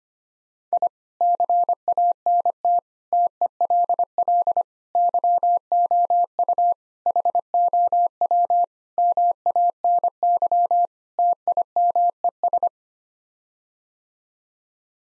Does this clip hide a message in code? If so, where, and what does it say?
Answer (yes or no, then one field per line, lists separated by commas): yes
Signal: Morse code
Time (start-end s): 0.7-12.7 s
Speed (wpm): 25 wpm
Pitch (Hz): 700 Hz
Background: none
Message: I CANT TELL YOU HOW MANY TIMES